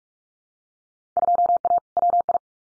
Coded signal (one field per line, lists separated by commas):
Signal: Morse code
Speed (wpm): 44 wpm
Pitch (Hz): 700 Hz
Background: none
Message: 2A WI